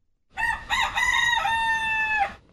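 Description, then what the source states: Chicken crowing: a single rooster-like crow of a few short notes, then a long, level, drawn-out note that breaks off. One of Pinellas County's 56 sentinel chickens, kept by Pinellas County Mosquito Control to detect mosquito-borne viruses such as West Nile and chikungunya; sounds like a common rooster.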